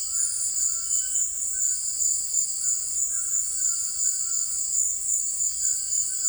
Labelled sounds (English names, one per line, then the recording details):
none
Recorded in secondary vegetation near Puerto Asís, Putumayo, Colombia, on 19 March 2025 at 17:00
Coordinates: 0.499, -76.323
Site G094